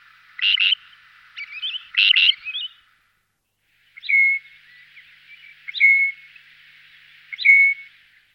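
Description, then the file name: Great grey shrike calls: two harsh, buzzy double notes, then clear whistled notes with a short grating start, repeated about every one and a half seconds. "ťuhýk-šedý"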